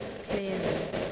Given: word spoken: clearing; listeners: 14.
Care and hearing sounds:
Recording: one English word in noise, from a listening test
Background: noise modulated by three-talker babble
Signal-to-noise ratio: -3.2 dB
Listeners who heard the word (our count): 2 of 14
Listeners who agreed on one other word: 11 of 14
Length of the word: 0.73 s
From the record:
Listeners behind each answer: 11, 2, 1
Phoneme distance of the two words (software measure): 27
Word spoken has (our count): 2 syllables, 6 phonemes, stress on syllable 1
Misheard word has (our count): 2 syllables, 5 phonemes, stress on syllable 1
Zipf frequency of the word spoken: 4.12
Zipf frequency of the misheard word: 5.01

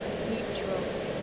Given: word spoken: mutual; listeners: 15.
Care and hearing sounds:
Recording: one English word in noise, from a listening test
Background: speech-shaped noise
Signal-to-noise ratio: -4.9 dB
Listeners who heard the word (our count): 3 of 15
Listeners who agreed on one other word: 11 of 15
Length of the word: 0.82 s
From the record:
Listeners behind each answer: 11, 3, 1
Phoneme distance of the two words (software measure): 37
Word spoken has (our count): 2 syllables, 6 phonemes, stress on syllable 1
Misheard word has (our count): 2 syllables, 7 phonemes, stress on syllable 1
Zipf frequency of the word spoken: 3.72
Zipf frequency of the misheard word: 3.87

